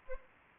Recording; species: mosquito wingbeat signal from an infrared sensor; Anopheles arabiensis